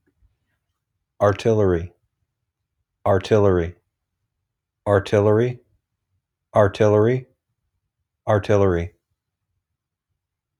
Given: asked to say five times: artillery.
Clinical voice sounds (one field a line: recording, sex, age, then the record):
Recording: repeated word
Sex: male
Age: 40 to 49 years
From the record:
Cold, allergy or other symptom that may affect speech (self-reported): no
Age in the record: 41 years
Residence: Ohio, United States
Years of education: 20